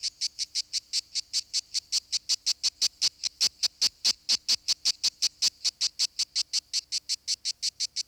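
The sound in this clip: Lyristes plebejus: cicada song made of rapid, strong rasping pulses, high and grating, steady from start to finish.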